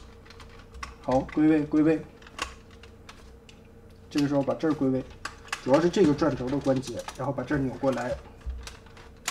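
Someone talks while handling a plastic Transformers PX Grimlock robot toy in G2 colors, twisting a rotating joint back into place amid small plastic clicks. A sharp snap at 9.3 s marks the plastic clip on the toy's body closing, and the clip is fastened.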